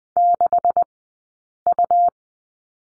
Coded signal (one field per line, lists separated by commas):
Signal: Morse code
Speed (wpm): 20 wpm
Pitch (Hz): 700 Hz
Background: none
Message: 6U